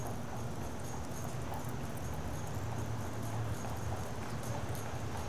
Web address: BBC Sound Effects Library (America) Traffic w-horse and buggy, Philadelphia